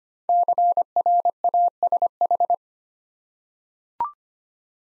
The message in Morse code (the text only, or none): CRASH